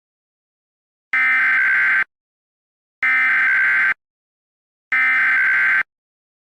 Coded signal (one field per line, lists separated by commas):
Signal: Emergency Alert System (SAME) tones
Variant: header bursts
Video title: EAS Remake - "Wave Broadband Hack" (February 20, 2020)